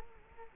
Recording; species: mosquito wingbeat signal from an infrared sensor; Culex quinquefasciatus